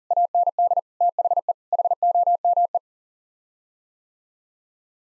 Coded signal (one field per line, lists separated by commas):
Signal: Morse code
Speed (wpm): 40 wpm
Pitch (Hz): 700 Hz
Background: none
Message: AND THE HOME